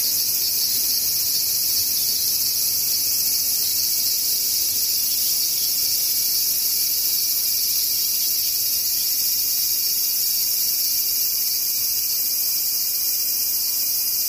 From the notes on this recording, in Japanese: セミ